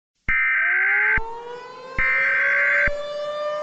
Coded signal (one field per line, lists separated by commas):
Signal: Emergency Alert System (SAME) tones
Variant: header bursts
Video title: EAS Scenario #7: Foggy Day